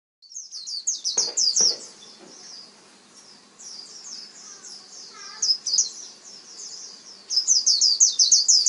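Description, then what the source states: White-eye song: high, fast twittering chirps in bursts, with a quieter pause midway, then a loud chattering run; a few low knocks near the start. Pleci (white-eye); tutor recording (masteran) played so a pleci quickly opens its beak and starts singing.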